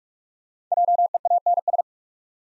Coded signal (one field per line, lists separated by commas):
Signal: Morse code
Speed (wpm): 44 wpm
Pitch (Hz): 700 Hz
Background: none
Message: JEANS